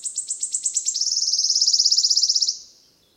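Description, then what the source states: Wood warbler song: sharp repeated high ticks accelerating smoothly into a rapid, shimmering trill that ends after about two and a half seconds. Recorded 10 May 2008, 11:17.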